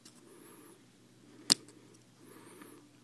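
A plastic combiner leg on a transforming robot toy is pushed home into the toy robot's torso, with faint handling rustle before and after. A single sharp, loud snap rings out at 1.5 s as the leg seats into place.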